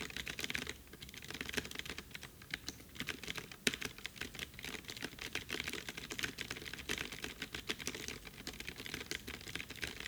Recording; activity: daily activity, guitar pickup as the sensor; type